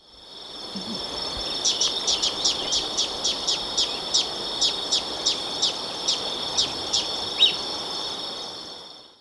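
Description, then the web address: Olive-chested flycatcher song: a series of many dry, clipped notes that gradually slow, set against a loud continuous insect whine. Ecuador. "Birds of Ecuador Olive-chested Flycatcher"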